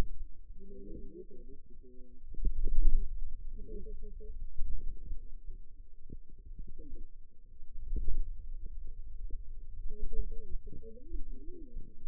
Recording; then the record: forearm muscle sounds (acoustic myography)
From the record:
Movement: pen grasping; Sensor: system 2, bracelet of six BSWA MPA416 microphones around the upper forearm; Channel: 2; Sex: female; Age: 21 years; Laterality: right